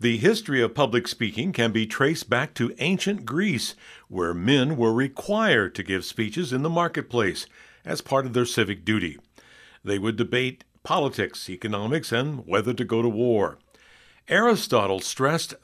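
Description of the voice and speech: Clear, fluent adult male narration at an even pace with natural pauses, telling the history of public speaking; no speech disorder heard.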